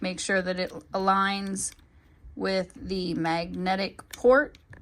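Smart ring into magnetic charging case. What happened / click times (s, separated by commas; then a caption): The ring is being lined up in its charging case but has not snapped in yet / none. A Herz P1 smart ring is handled at its magnetic charging case, being lined up with the magnetic charging port while someone talks. A brief faint tap is heard near 4.7 s, but nothing has seated or clicked yet; the ring is not yet snapped into the case.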